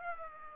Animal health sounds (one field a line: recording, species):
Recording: mosquito wingbeat signal from an infrared sensor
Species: Aedes aegypti